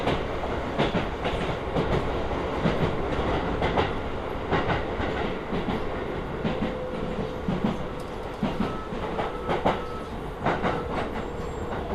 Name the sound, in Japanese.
北総鉄道→都営浅草線 東松戸→人形町